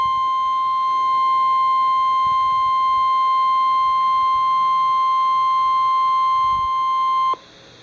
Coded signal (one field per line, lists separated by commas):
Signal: Emergency Alert System (SAME) tones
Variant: 1050 Hz attention tone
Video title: Real NOAA Weather Radio EAS Alert #100